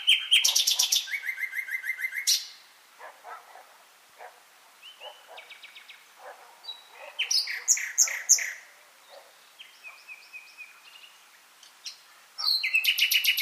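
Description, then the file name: Common nightingale singing varied phrases: fast rattling trills, short pure whistles and sweeping notes, separated by brief quiet gaps, with a loud repeated-note burst near the end. "Luscinia megarhynchos"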